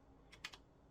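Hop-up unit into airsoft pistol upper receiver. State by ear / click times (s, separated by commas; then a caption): seated / 0.5 s. The hop-up unit of an Action Army AAP-01 airsoft pistol is turned sideways, pushed into the upper receiver and rotated back. A faint tick at 0.3 s is followed by a sharp, bright click at 0.5 s as it locks into place, then a softer tap just after. The unit is seated.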